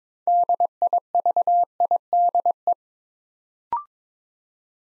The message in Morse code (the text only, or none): DIVIDE